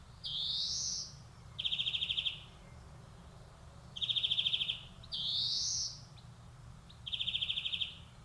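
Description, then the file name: European greenfinch song mixing long buzzy rising wheezes with fast trilled rattles, each phrase about a second long, repeated over a low steady background hum. "Chloris chloris"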